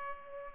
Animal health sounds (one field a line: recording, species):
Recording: mosquito wingbeat signal from an infrared sensor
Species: Culex pipiens